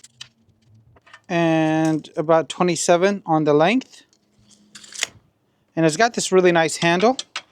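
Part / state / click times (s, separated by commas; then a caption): handle latch on a 12V fridge slide / not seated / none. Someone talks while handling the handle latch on a 12V fridge slide, with a few faint clicks and taps between the words. The slide handle is meant to lock into place, but nothing has seated or clicked yet.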